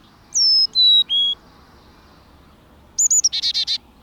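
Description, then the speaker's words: Carolina Chickadee giving three clear whistled notes stepping downward, then after a pause a quick high call with a series of buzzy dee notes. Close cousin of the black-capped chickadee; found in the southeastern United States. "its close cousin, the Carolina chickadee, holds sway in the southeast."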